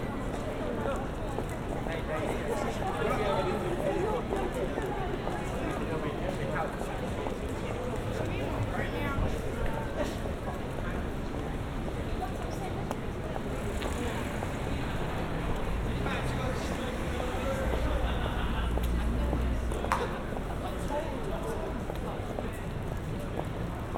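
A busy Saturday night in London's West End: a steady crowd of overlapping voices with low traffic rumble underneath and occasional brief sharp sounds.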